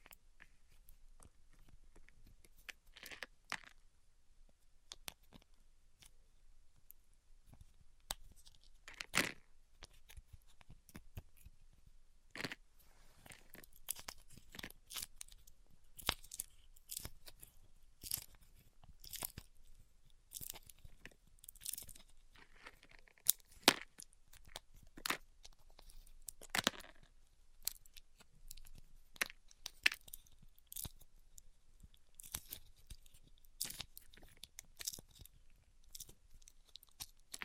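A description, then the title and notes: A band aid being ripped off, heard as a series of sharp crackly tearing snaps scattered irregularly through the whole stretch, growing more frequent after the first few seconds. Between the bursts there is a faint low rumble and quiet rustling. ASMR Ripping Off the Band Aid (No Talking).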